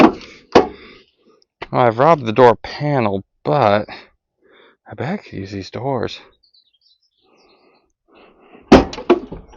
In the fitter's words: Why is it not latching?